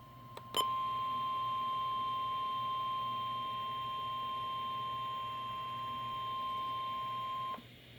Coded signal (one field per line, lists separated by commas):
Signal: Emergency Alert System (SAME) tones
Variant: 1050 Hz attention tone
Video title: Thursday Required Weekly Test (EAS #204)